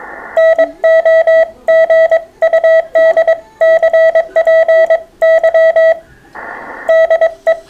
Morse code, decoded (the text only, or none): NO GUD CPY DE